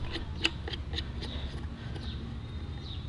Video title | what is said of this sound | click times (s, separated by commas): Ultimate Amazon Foam Cannon Review: Which One Reigns Supreme? | off very well nice locks in place also make the adjustments very easy | 0.5 s